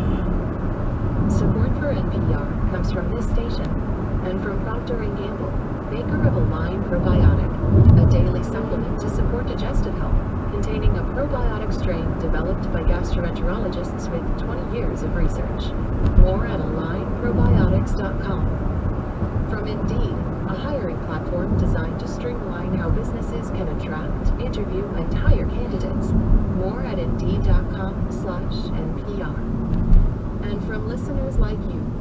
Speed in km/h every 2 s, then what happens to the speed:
81, 81, 79, 77, 77, 76, 76, 74, 72, 69, 66, 66, 64, 56, 52, 45.
0-14 steady at about 77. 14-32 slows to 45.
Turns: none.